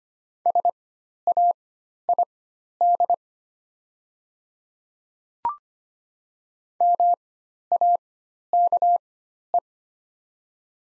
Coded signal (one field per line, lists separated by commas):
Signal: Morse code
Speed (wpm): 25 wpm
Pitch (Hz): 700 Hz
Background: none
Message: SAID MAKE